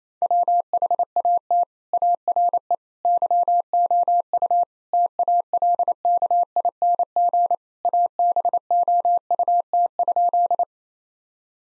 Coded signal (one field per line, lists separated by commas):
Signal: Morse code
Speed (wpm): 28 wpm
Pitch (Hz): 700 Hz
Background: none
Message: WHAT ARE YOU TALKING ABOUT?